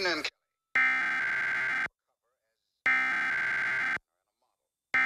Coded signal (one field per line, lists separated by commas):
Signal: Emergency Alert System (SAME) tones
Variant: header bursts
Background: speech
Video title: WATM-TV Weekly Test (6/22/21)(EAS 762)